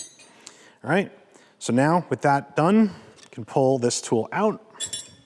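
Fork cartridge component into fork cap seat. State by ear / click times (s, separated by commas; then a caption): not seated / none. Someone talks while handling an Ohlins fork cartridge component during fork assembly, getting ready to pull out the holding tool so the part can drop into its seat in the fork cap. Brief metallic clinks are heard at about 0.5 s and 4.9 s under the talking. Nothing has seated or clicked yet, and the part is not home.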